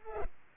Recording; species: mosquito wingbeat signal from an infrared sensor; Culex pipiens